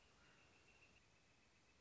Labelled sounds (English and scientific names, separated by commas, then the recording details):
Northern Flicker (Colaptes auratus)
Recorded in Sonoma County, California